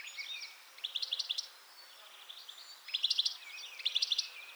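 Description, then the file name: European goldfinch twittering phrases, fast tinkling note clusters repeated in short bursts separated by quieter gaps, with a few thin buzzy slurs. "Carduelis carduelis"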